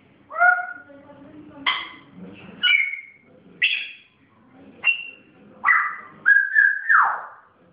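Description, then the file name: Grey parrot whistling a run of clear tonal notes, some steady and some slurred, ending in a longer buzzy call, with quieter low grumbles between. Pet grey parrot recorded making its first sounds. "zoro zhako popugay pervye zvuki"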